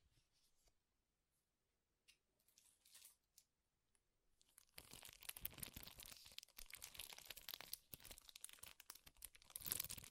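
Crinkling starts faintly, with a few sparse rustles and small bursts during the first four seconds. Around the five-second mark it turns loud and dense: rapid, bright, crackling crinkles that continue steadily to the end, peaking in a final burst.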